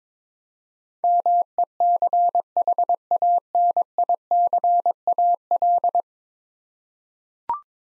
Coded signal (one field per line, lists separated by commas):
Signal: Morse code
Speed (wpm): 22 wpm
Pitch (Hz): 700 Hz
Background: none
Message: MECHANICAL